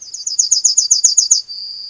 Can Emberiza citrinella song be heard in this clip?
yes